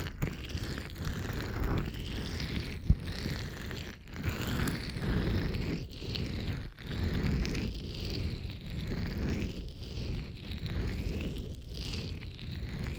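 Continuous rubbing and scrubbing of an ear, a dense low rustle in strokes with brief pauses near four and seven seconds and one sharp tap.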